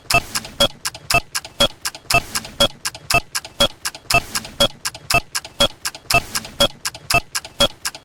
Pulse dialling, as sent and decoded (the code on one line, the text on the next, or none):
none